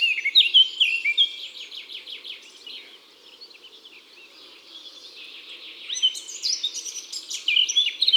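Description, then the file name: Eurasian blackcap song: rapid chattering phrase, a quieter stretch of soft twitter, then a renewed burst of bright warbled notes. Song; woods and forests. "Fauvette a tete noire Chants doiseaux des bois et des forets"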